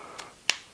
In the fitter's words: it just sort pops into place see